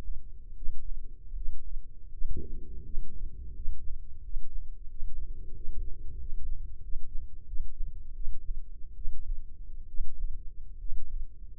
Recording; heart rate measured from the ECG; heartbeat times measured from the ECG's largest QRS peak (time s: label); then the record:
heart sounds by microphone in the right ear; 82 bpm
0.56 s: heartbeat
1.35 s: heartbeat
2.11 s: heartbeat
2.84 s: heartbeat
3.54 s: heartbeat
4.23 s: heartbeat
4.89 s: heartbeat
5.55 s: heartbeat
6.19 s: heartbeat
6.82 s: heartbeat
7.47 s: heartbeat
8.15 s: heartbeat
8.96 s: heartbeat
9.88 s: heartbeat
10.79 s: heartbeat
From the record:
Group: healthy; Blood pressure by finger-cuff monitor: 111/61 mmHg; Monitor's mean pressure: 74 mmHg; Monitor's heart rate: 82 bpm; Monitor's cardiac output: 7.9 L/min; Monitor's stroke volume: 94 mL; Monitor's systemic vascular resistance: 680 dyn s/cm5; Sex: male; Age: 19 years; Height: 178 cm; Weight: 83 kg